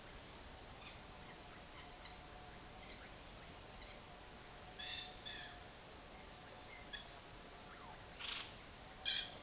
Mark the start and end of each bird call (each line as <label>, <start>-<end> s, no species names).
bird call, 4.82-5.61 s
bird call, 8.18-8.50 s
bird call, 8.95-9.35 s